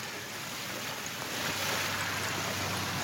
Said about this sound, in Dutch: En tussendoor horen we heel hoog en fijn het geknisper van de tegen elkaar tikkende schelpjes en steentjes die op de oever liggen. Redacteur Gert Elbertsen vond het een mooi geluid. Deed hem een beetje aan een windgong denken.